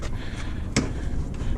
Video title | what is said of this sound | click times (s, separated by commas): Striker Plate - Adjusted in 60 Seconds | so your door's not latching | none